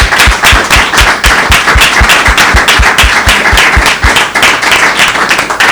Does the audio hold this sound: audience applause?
yes